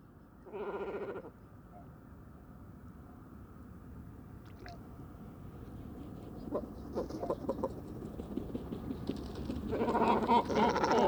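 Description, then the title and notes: Great cormorant gives one harsh croak, then near quiet with a low rumble, before a burst of several overlapping guttural calls at the end. Evening roost of many birds on fishermen's posts at the shore of Vaccarès, Camargue, 4 January 2020; incessant conflicts over limited space until nightfall; distant car murmur; Mixp3 recorder, MKH40 microphone. "Dortoir de Grands cormorans. 04 janvier 2020-Bord du Vaccarès - Camargue"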